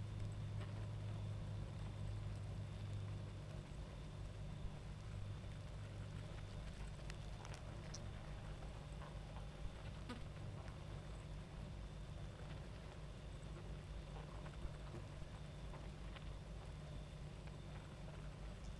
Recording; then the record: honeybee colony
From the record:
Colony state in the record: active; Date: 28 July 2017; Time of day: 22:30